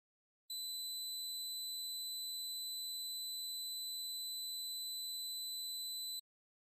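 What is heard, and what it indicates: Simulated tonal tinnitus: a steady, pure, high-pitched synthesized tone of about 4 kHz with faint higher overtones. It lasts about six seconds at constant loudness, imitating a ringing heard inside the head.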